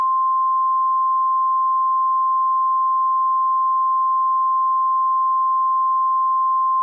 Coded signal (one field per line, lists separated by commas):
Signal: Emergency Alert System (SAME) tones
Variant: 1050 Hz attention tone